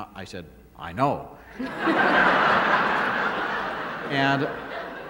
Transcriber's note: soundbite of laughter